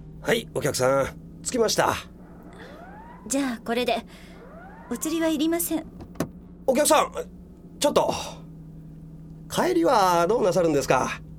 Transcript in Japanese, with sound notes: はい、お客さん、着きました。
じゃあこれで。お釣りは、要りません。 （ドア開ける）
お客さん、ちょっと…！帰りはどうなさるんですか？